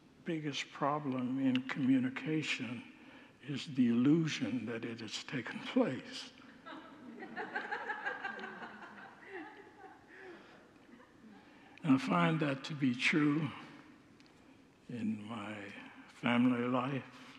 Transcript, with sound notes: biggest problem in communication is the illusion that it has taken place.” [Congregants laugh] And I find that to be true in my family life.